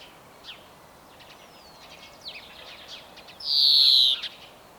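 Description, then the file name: European greenfinch song: quiet chirps and twitters, then one prolonged, harsh buzzy wheeze near the end. "Chloris chloris"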